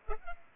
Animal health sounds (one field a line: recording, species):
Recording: mosquito wingbeat signal from an infrared sensor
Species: Culex pipiens